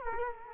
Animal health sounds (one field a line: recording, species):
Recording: mosquito wingbeat signal from an infrared sensor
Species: Culex quinquefasciatus